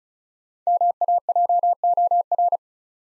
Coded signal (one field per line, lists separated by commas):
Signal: Morse code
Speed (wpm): 36 wpm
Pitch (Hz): 700 Hz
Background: none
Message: MAJOR